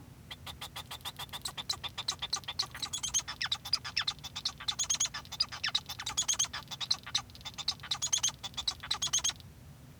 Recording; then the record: song of a male Bengalese finch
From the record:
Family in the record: son of father 1